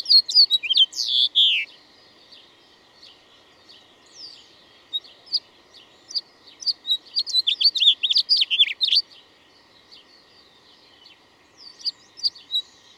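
Bird song in bursts of high chirps and trills, with quiet gaps between phrases.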